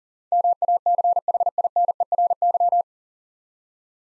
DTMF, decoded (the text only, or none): none